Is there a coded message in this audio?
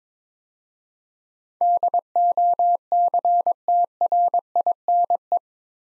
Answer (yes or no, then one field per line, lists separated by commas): yes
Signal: Morse code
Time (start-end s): 1.6-5.4 s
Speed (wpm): 22 wpm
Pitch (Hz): 700 Hz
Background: none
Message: DOCTRINE